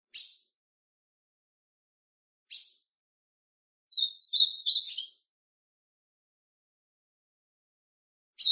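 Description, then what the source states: Ultramarine grosbeak: scattered short sharp chips, then a single melodious warbling phrase lasting just over a second, and another chip at the end. Classic song style.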